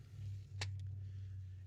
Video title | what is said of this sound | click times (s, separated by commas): Palmetto State Armory AKP GF3- First Impressions | lift up on the arm brace push down on the mount with your thumb and then it locks in place along the left side | 0.6 s